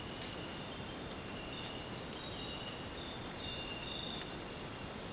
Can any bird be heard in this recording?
no